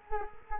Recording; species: mosquito wingbeat signal from an infrared sensor; Culex quinquefasciatus